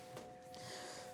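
Two brief, sudden snort-like breathy bursts over a faint steady hum: the first tics of a schoolboy, an acted simple vocal tic of Tourette syndrome.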